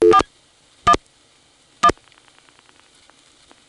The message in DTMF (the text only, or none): 41 1